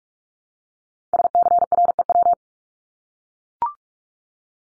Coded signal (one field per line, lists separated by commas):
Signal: Morse code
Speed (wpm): 44 wpm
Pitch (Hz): 700 Hz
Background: none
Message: SCREW